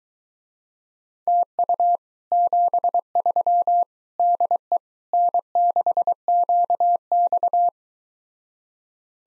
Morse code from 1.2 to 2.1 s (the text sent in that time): TU